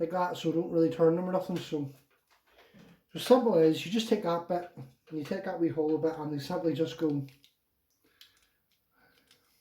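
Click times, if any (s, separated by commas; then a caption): none. Someone talks while handling a small hollow plastic toy piece that is about to be pushed onto the guard of a toy zord. Speech fills most of the clip, then faint handling ticks come near 8.2 s and 9.3 s. The piece has not clipped onto the guard or seated yet.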